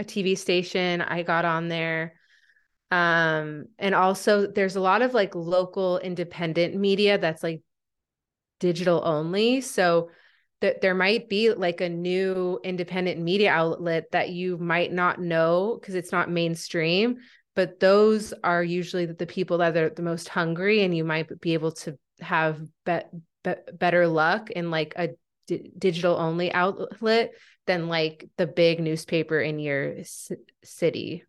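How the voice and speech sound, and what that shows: An adult woman who stutters speaks conversationally, with stretched sounds ("um," "new," "those"), a repeated "the the," and a broken, blocked start on "better" after a pause. These sound prolongations, repetitions and blocks are her stuttering, on a disfluent day when she is stuttering a lot.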